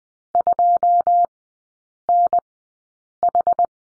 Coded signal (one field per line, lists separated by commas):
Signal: Morse code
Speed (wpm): 20 wpm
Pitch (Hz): 700 Hz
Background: none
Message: 2NH